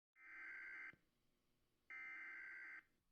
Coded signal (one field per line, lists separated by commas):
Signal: Emergency Alert System (SAME) tones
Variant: header bursts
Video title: (EAS #40) Severe Thunderstorm Watch 7/2/2019